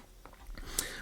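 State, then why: Seated. A raised, not fully seated DIMM memory module is pushed down into the slot of a TUF Gaming B850 motherboard so it locks fully into place and the board's memory LED turns off. Faint taps are heard at about 0.3 s and 0.6 s, then a sharp, bright click at 0.8 s as the plastic retention latch locks and the module seats.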